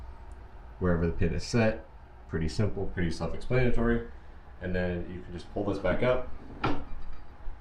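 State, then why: Not seated. The deck lift lever on a 2021 Scag V-Ride II stand-on mower with a 38.5 HP Kawasaki EFI engine is being handled and pulled back up toward its raised transport lock, while someone talks throughout. Nothing has seated or clicked yet; the lever has not latched into the transport position.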